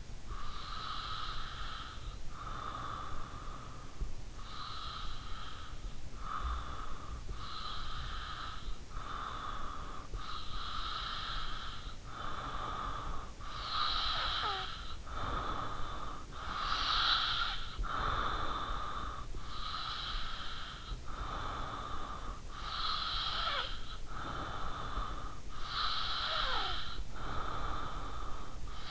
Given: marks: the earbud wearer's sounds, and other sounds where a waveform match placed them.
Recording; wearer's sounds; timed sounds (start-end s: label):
sounds in sleep by an in-ear microphone; breath, snoring breath
0.09-13.42 s: breath
13.42-19.09 s: snoring breath
19.09-22.09 s: breath
22.09-28.91 s: snoring breath